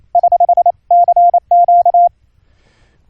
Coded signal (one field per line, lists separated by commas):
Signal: Morse code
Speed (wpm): 28 wpm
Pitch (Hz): 700 Hz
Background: none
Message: <HH> CQ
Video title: Morse Code QSO over the internet - software setup - config 7 - Jackrouter ( sidetone )